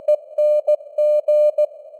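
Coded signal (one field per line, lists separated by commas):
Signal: Morse code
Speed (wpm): 16 wpm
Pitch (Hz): 600 Hz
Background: none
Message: ENG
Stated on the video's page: Simulated Morse news headlines at 16 wpm with simulated radio noise and varying signal strength (QSB).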